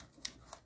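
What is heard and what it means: After the sides of a small cardstock treat box are folded in and the long side is pushed down, the folded cardstock tab locks into the base of the box with a sharp, crisp click at 0.3 s (0.25 s). A softer tick follows at about 0.5 s over faint paper rustle, and the tab is seated.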